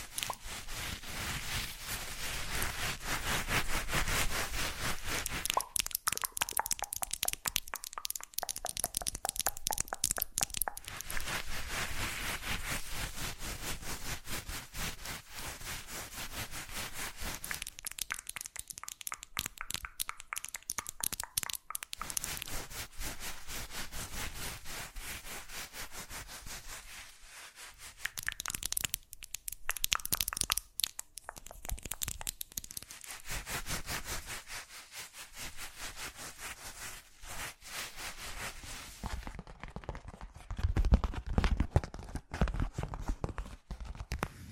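ASMR triggers of rapid tapping, scratching and clicking that switch texture every few seconds, with brief near-silent gaps and heavier thuds near the end.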